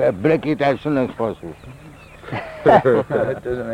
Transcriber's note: laughter